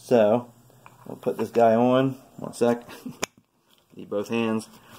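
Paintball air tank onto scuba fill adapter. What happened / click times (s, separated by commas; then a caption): The air fitting is being handled and has not yet clicked home / none. A paintball air tank is being handled at the fill adapter of a scuba tank fill station, with both hands, as someone talks. There is a brief sharp tick near 3.2 seconds, but nothing has seated or clicked on yet.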